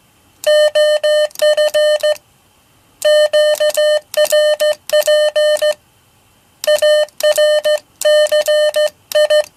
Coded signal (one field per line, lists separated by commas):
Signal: Morse code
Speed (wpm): 14 wpm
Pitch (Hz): 600 Hz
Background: none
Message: OF QRP ARCI